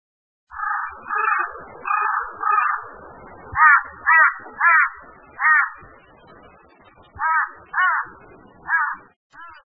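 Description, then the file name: Carrion crow cawing, a series of about a dozen harsh, hoarse caws with a short pause midway before the calling resumes. "hasiboso"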